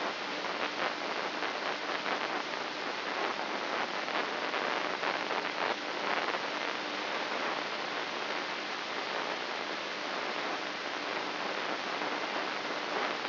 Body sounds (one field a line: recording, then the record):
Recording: brain microelectrode recording played as sound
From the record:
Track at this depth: inside the subthalamic nucleus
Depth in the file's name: 4.018 mm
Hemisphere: left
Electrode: 3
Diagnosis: Parkinson's disease